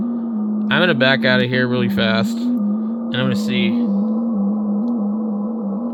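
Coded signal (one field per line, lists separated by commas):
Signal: FT8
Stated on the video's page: FT8 on a Yaesu FTdx3000 via its USB sound card, tuned with a manual antenna tuner; possible RFI.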